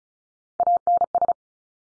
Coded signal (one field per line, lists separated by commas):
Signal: Morse code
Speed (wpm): 36 wpm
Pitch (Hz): 700 Hz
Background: none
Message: ANS